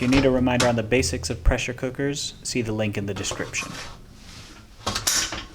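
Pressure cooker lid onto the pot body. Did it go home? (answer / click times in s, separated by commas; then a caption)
yes / 4.9 s, 5.1 s. Someone talks, then the metal lid of a stovetop pressure cooker is closed onto the pot body and turned until it locks and seals. Two sharp metallic clicks at 4.9 s and 5.1 s mark the lid locking into place, leaving the pot sealed.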